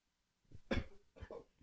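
Two or three short, dry coughs from an adult in a small room, with a brief pause between bursts.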